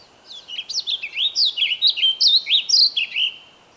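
Bird song: one continuous three-second phrase of quick, high whistles that swoop downward and upward, then stop cleanly.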